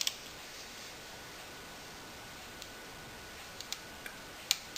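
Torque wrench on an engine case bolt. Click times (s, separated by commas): 4.5 s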